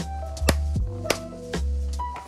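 A snowboard boot's heel cleat is handled over the heel latch of a Burton Step On binding, the binding with two heel engagement positions meant to allow for snow packed underfoot. Music plays with a few sharp taps over it. The cleat has not seated and nothing has clicked yet.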